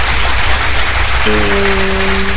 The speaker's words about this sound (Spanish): Un fuerte aplauso.